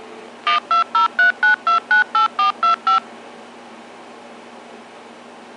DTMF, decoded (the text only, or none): 12039298425